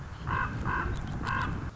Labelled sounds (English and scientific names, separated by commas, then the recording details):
Common Raven (Corvus corax)
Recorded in Sonoma County, California